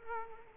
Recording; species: mosquito wingbeat signal from an infrared sensor; Culex quinquefasciatus